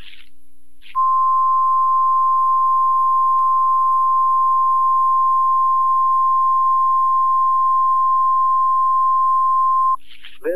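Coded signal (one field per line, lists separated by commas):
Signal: Emergency Alert System (SAME) tones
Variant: 1050 Hz attention tone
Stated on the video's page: NOAA Weather Radio Required Weekly Test, live Seattle-area broadcast.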